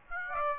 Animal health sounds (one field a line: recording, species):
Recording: mosquito wingbeat signal from an infrared sensor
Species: Aedes aegypti